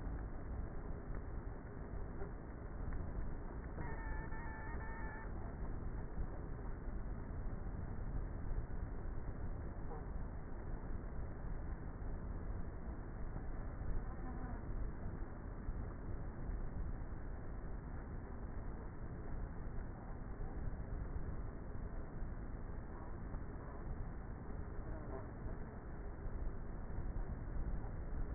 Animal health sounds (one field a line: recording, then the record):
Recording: honeybee colony, microphone inside the hive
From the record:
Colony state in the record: queenless with a low population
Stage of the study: before two queens were removed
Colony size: about 30,000 bees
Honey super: no